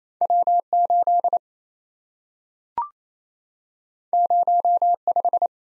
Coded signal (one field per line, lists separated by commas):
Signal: Morse code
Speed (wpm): 28 wpm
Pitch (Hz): 700 Hz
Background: none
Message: W8 05